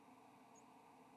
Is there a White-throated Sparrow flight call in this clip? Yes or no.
no